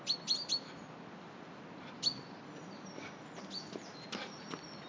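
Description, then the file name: Common chaffinch calls: three quick high thin notes in a burst, a single note about a second and a half later, then softer scattered notes against steady background hiss. "Fringilla coelebs"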